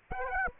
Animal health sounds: mosquito wingbeat signal from an infrared sensor; Aedes aegypti

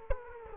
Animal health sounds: mosquito wingbeat signal from an infrared sensor; Aedes aegypti

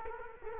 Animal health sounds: mosquito wingbeat signal from an infrared sensor; Culex quinquefasciatus

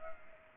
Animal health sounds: mosquito wingbeat signal from an infrared sensor; Culex pipiens

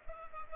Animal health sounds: mosquito wingbeat signal from an infrared sensor; Culex pipiens

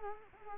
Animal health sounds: mosquito wingbeat signal from an infrared sensor; Culex quinquefasciatus

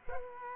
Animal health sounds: mosquito wingbeat signal from an infrared sensor; Culex quinquefasciatus

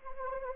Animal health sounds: mosquito wingbeat signal from an infrared sensor; Anopheles arabiensis

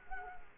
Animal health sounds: mosquito wingbeat signal from an infrared sensor; Culex quinquefasciatus

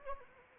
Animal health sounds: mosquito wingbeat signal from an infrared sensor; Anopheles arabiensis

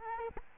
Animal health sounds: mosquito wingbeat signal from an infrared sensor; Aedes albopictus

